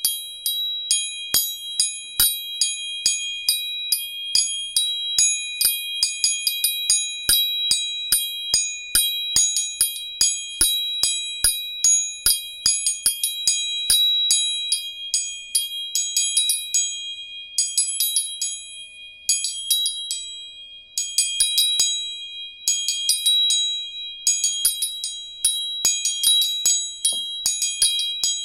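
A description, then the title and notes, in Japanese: Three tuning forks are struck over and over, each tap giving a sharp metallic tick and a bright, ringing high tone that hangs between strikes. The taps come quickly and fairly evenly throughout, growing denser and overlapping more in the second half. 音叉チューニング3本。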